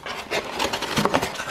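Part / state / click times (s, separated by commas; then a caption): folding tab into cardboard box slot / seated / 1.1 s, 1.2 s. A pre-creased cardboard mailer box is folded by hand, its side folded in and the top tab clipped over into the slot. Rubbing, scraping cardboard sounds lead to two sharp snaps at 1.1 s and 1.2 s as the tab seats into the slot.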